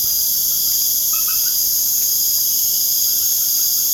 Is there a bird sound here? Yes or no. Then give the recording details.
no. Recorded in pastures near Puerto Asís, Putumayo, Colombia, on 30 June 2025 at 19:00. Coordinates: 0.496, -76.326. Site GP01